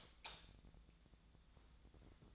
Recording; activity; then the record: daily activity, microphone in the room; light off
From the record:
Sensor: 3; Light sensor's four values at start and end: 35/94/38/42 and 35/90/38/42